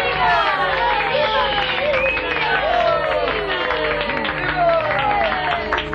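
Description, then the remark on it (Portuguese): A crowd claps steadily while many voices cheer and shout over it as a tortoise crosses the finish line and wins a race, a dense, loud and continuous wash of applause and excited whooping that holds for the whole stretch. “Tinha ganho a corrida e todos aplaudiam.”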